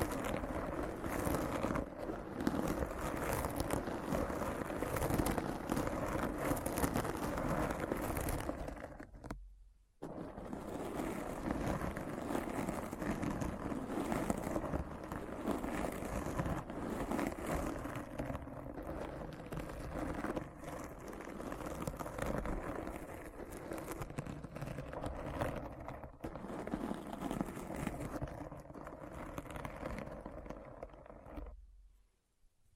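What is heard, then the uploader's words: A deep, scratchy grinding texture churns densely from start to finish, heavy in the low end with a rough, rolling quality like wheels over a coarse surface. It drops out briefly near ten seconds, returns just as thick, and cuts off shortly before the end. ASMR Deep Brain Scratch (No Talking).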